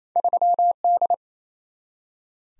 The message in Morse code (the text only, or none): 3D